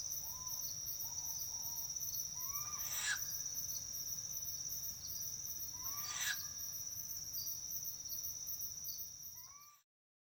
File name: Humes Owl Male Female Nestling Encounter With Various Calls Including Pulsed Hooting